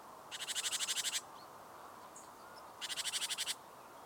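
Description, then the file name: Great tit harsh chattering call: two dry, rapidly pulsed rattles, each under a second long, separated by about a second and a half of quiet hiss. "Parus major"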